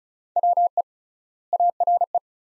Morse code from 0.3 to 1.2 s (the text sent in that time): WE